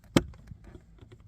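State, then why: Seated. A plastic cabin air filter cover on a 2011 Renault Clio 1.5 dCi (III.5) is pushed up into its filter housing under the dash. It gives one sharp, loud click at 0.2 s, followed by a few faint ticks and handling noises. The cover is seated and closed.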